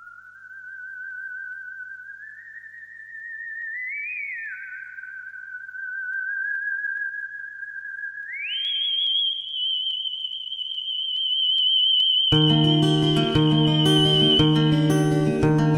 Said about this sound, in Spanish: Esta canción basada en este poema, y que yo creo que es una joya esta canción, sinceramente, y vamos a escucharla. Sí, me gusta mucho.